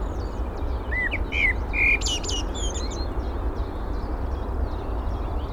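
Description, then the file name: Eurasian blackbird song: a few mellow, slurred whistled notes ending in high squeaky twitters, with bird chirps and a low steady rumble. "Turdus merula"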